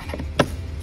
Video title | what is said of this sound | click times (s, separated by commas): Como cambiar cable o chicote del freno de mano en Chevrolet Cruze | que va un clip que va a presión nada más mi pata de cabra sale fácilmente | 0.4 s